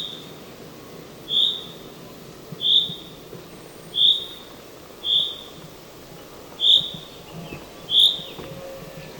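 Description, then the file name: Common chaffinch calling with single pure whistled notes, six in a row spaced a little over a second apart, over a quiet hissing background. "Fringilla coelebs"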